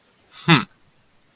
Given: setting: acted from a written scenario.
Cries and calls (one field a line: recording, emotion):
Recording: vocal sound without words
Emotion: contempt